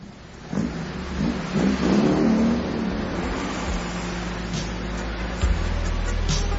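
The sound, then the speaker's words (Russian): A car engine revs up and pulls away, a rising mid-pitched roar that settles into a steady drone as the vehicle drives off, with a brief louder surge near the end. “Ну, садись в машину, поехали.”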